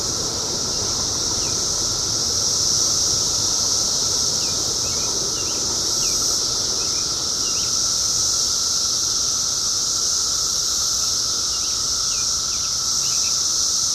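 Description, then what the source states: A shrill, steady cicada chorus fills the recording, while a bird gives scattered short chirps beneath it and low background noise continues. Recorded in 2004.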